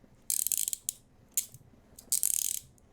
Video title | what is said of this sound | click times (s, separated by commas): I Tested 4 Handcuff Brands… Here’s What Surprised Me... | That one didn't click there all the way, but I think my hand got in the way. | 0.9 s